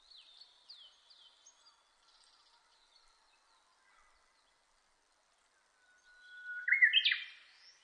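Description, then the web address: Japanese bush warbler song: soft high chirps, then a long steady whistle followed by a loud, quick flourish. Recorded 30 April 2005. "2005 050430 uguisu"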